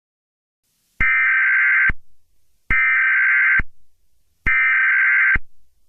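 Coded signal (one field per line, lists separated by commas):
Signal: Emergency Alert System (SAME) tones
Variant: header bursts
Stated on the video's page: Fictional EAS scenario, simulated alert.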